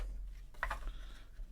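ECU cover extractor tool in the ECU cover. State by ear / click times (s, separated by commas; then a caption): stripped / 0.6 s. An ECU cover extractor (Fetrotech Seikotool) threaded into a metal ECU cover is cranked down until it strips the cover. A sharp snap at 0.6 s marks the strip, followed by a couple of fainter metallic ticks over a quiet background.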